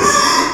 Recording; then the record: squeal of a Yucatan mini pig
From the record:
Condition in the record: before surgery on the right vocal fold (resection and tissue-engineered implant); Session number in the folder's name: 1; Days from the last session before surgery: -3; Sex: male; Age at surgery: 12 weeks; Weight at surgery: 13 kg